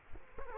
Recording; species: mosquito wingbeat signal from an infrared sensor; Culex quinquefasciatus